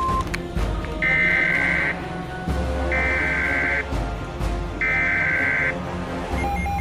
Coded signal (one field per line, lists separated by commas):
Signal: Emergency Alert System (SAME) tones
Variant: header bursts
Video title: Emergency Alert Scenario | First Tornado